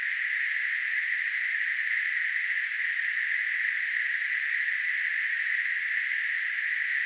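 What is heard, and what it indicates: Simulated tinnitus sound.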